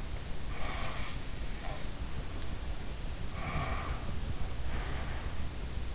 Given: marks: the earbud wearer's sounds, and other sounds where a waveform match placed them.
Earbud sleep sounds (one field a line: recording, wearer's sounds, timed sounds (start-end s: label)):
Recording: sounds in sleep by an in-ear microphone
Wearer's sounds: snoring breath, breath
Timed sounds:
0.58-2.40 s: snoring breath
3.29-5.56 s: breath